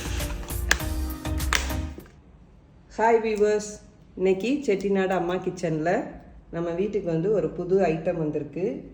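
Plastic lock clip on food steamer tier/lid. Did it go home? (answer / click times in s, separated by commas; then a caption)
yes / 0.7 s, 1.6 s. The plastic locking clips on the tier and lid of an ELBA food steamer are snapped shut, giving two sharp clicks at 0.7 s and 1.6 s as the clips lock, over background music. After a short pause, someone talks.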